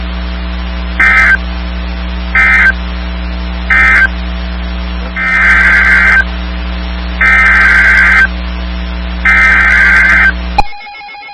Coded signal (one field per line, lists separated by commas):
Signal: Emergency Alert System (SAME) tones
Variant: header bursts